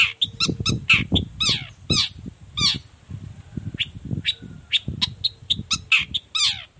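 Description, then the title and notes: Long-tailed shrike song: fast, varied stream of scratchy chirps, squeaks and short whistled notes, with a low background rumble throughout. Singing in the morning with varied notes including a 'toet toet' phrase; recording played as a lure so other shrikes reply quickly and open their beaks. "Cendet Gacor Dor Di Kala Pagi Toet Toet Variasi Suara. Cendet Gacor Efektif Pancingan Buat Cendet Jenis Apapun Agar Cepat Nyaut Buka Paruh. Burung cendet"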